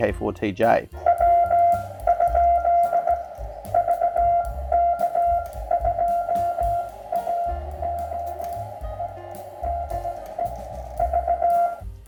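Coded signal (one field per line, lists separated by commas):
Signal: Morse code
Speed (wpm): 17 wpm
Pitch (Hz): 690 Hz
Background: speech, music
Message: EW? VK2AOE DE V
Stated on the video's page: Portable QRP CW operation on 40 m from Auckland, New Zealand, using a QRP Labs QCX mini.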